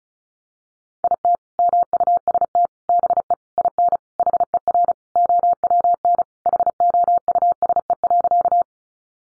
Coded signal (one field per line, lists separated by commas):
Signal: Morse code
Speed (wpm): 34 wpm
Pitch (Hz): 700 Hz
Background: none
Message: IT MUST BE IN HER OWN HOUSE.